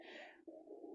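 A brief, squeaky, cooing gurgle lasting about a second, with a mid-pitched tone that shifts partway through and could pass for a small bird, a squeaky chair or a new pet. It is an adult man's stomach growling (borborygmi), the ordinary rumble of the gut.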